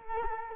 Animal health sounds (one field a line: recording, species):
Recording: mosquito wingbeat signal from an infrared sensor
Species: Culex quinquefasciatus